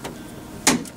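A universal window strip (weather seal trim) is pushed onto the window frame of a classic Mini door. A faint tap sounds near 0.1 s, then a sharp, bright click at 0.7 s as the strip seats into place, followed by a softer tick near 0.9 s. The strip is confirmed seated.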